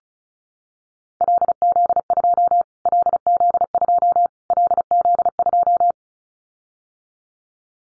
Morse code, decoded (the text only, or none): LZ2 LZ2 LZ2